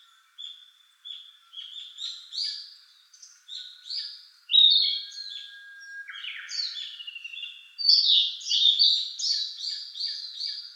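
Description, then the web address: Narcissus flycatcher song: thin whistles build into louder, jumbled warbling phrases, ending with a fast run of sharp notes. Recorded on 8 June 2013. "birdenaga kibitaki 130608"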